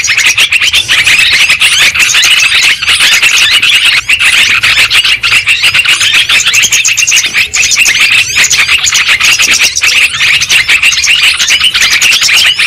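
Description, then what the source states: Shrill lovebird chatter throughout, a steady wall of rapid high chirps and squeals from many birds calling at once. Lure recording played to attract and trap lovebirds.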